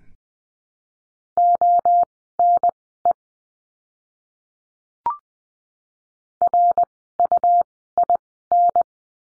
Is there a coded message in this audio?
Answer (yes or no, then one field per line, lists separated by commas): yes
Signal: Morse code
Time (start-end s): 1.4-8.8 s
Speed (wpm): 20 wpm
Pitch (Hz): 700 Hz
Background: none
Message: ONE RUIN